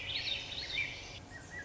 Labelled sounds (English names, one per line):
Swainson's Thrush